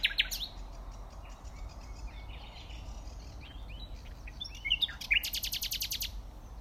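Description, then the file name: Common nightingale singing: an opening sharp note, then soft scattered chirps, ending in a rapid run of several loud repeated notes. "Luscinia megarhynchos"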